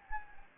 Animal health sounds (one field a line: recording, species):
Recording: mosquito wingbeat signal from an infrared sensor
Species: Anopheles gambiae